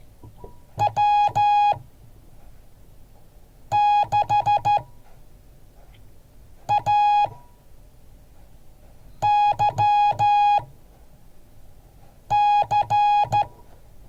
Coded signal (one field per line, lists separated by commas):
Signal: Morse code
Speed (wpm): 13 wpm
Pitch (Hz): 830 Hz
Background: music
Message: W6AYC